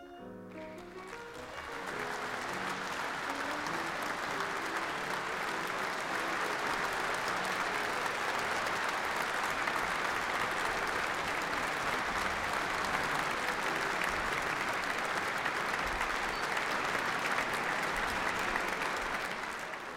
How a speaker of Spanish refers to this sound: La ovación fue atronadora.